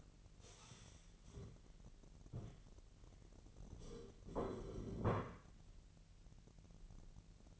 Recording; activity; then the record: daily activity, microphone in the room; stand up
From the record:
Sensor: 4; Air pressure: 1002.7 hPa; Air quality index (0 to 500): 249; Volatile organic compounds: 33 ppm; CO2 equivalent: 3013 ppm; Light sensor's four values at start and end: 10/24/10/10 and 10/24/10/10